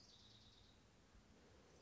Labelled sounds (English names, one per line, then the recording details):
Orange-crowned Warbler
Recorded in Sonoma County, California